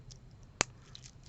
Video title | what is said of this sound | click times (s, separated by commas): JEWELRY MAKING FUN COLLAB - Finished Jewelry Pieces - February 2022 - Green, Silver, and Luck | Hear it click like that, and you just have to | 0.6 s